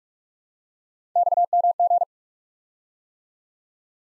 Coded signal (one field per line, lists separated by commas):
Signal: Morse code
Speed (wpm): 44 wpm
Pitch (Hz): 700 Hz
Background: none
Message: XMG